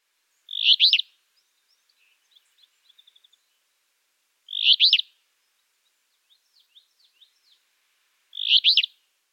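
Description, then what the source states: Alder Flycatcher song: a short phrase given three times, about every four seconds, with soft scattered notes between. Eastern U.S. flycatcher nearly identical in appearance to the willow flycatcher; distinguished in the field only by its song.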